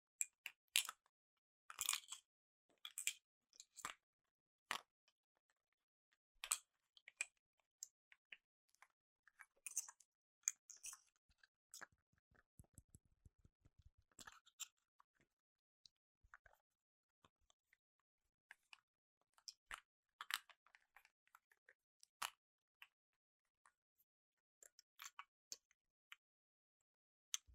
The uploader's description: You'll hear me tapping HomePod mini, Magic Keyboards, different MacBooks, awesome product boxes and cases that make amazing sounds etc.